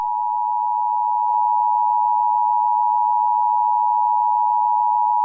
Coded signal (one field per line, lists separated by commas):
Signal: Emergency Alert System (SAME) tones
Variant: 853 and 960 Hz attention tone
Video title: Angry EAS II: Paul Plays A Prank (APRIL FOOLS!)